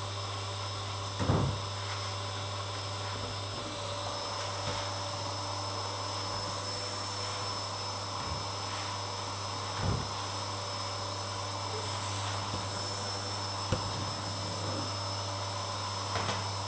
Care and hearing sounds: daily activity, microphone in the room; vacuum cleaning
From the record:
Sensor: 3

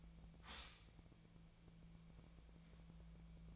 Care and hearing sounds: daily activity, microphone in the room; stop toaster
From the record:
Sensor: 1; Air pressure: 1000.2 hPa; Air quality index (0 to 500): 154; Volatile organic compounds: 3 ppm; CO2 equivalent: 1441 ppm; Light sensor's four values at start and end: 30/76/32/38 and 30/76/32/38

